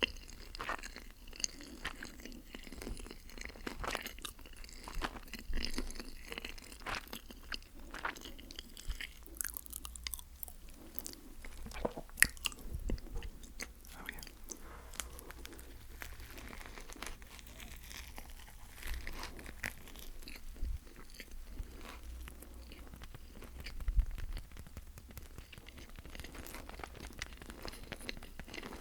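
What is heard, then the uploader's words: Eating sounds of a burger, fried bites and snacks, with frequent wet chewing and sharp crunchy bites throughout. Louder crunches stand out around 12 and 24 seconds. A low steady hum underlies everything. ASMR KFC MUKBANG Zinger Burger, BBQ Bites, Snack Box.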